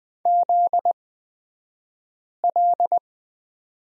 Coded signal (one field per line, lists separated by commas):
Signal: Morse code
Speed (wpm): 20 wpm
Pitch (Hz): 700 Hz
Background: none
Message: ZL